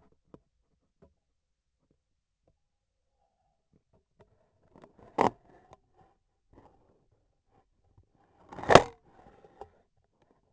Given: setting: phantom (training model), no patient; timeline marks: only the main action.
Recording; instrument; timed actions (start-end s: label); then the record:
laparoscopic instrument, vibration sensor on the handle end; scissors
8.05-9.02 s: cutting thread
From the record:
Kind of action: gesture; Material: cotton thread